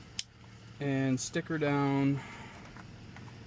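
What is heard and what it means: While a Hansshow yoke steering wheel is installed in a Model 3, the wheel's wiring connector is pushed into its car-side socket and seats with a single sharp click at 0.2 s. Someone then talks, and a faint tick follows near 3.2 s.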